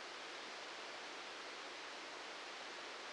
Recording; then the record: brain microelectrode recording played as sound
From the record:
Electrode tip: outside the subthalamic nucleus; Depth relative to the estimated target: -4 mm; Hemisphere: left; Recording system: NeuroSet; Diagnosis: Parkinson's disease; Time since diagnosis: 15 years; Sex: male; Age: 65 years